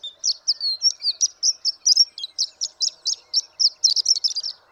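Horned lark gives a short, high, twittering song of thin, clipped notes delivered quickly and unevenly, some slurred, ending in a denser jingle.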